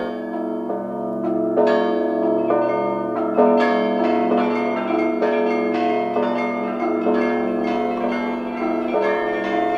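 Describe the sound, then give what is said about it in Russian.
Church bells peal steadily, ringing for the all-night vigil on the eve of Sunday, with overlapping strikes at a brisk, uneven rhythm and rich ringing tones that sustain and blend into a continuous loud wash. No voices are heard. “Как раз в это время ударили к всенощной, канун воскресенья.”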